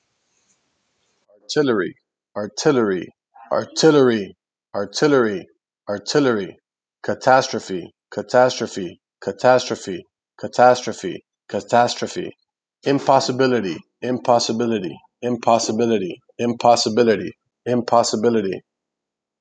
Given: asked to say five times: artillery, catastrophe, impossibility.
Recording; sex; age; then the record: three words, each repeated; male; 30 to 39 years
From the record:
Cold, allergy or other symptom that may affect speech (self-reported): no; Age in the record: 37 years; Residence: Florida, United States